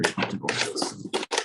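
A powered air-purifying respirator blower unit is handled as it is fitted back onto its waist belt, while someone talks over brief scraping and handling sounds. The unit is not yet home, and nothing has seated or clicked on the belt yet.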